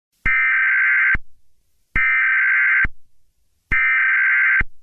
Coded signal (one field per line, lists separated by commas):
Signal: Emergency Alert System (SAME) tones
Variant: header bursts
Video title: Emergency alert system aliens 👽